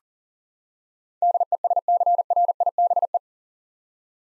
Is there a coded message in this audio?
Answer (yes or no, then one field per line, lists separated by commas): yes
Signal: Morse code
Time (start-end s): 1.2-3.2 s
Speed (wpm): 40 wpm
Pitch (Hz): 700 Hz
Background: none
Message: DESCRIBE